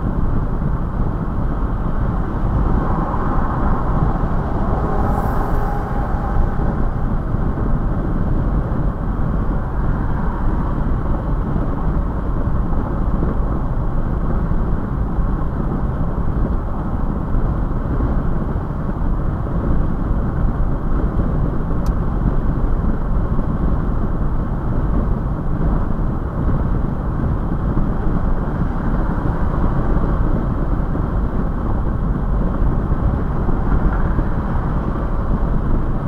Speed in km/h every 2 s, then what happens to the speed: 105, 105, 105, 105, 105, 105, 105, 105, 105, 105, 105, 105, 105, 105, 105, 105, 105, 105.
0-36 steady at about 105.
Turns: none.